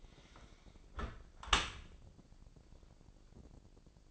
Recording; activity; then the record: daily activity, microphone in the room; close dishwasher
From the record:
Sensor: 5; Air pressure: 1012.4 hPa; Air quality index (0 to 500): 158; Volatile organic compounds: 2 ppm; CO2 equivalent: 1073 ppm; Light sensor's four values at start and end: 108/260/110/122 and 107/258/109/121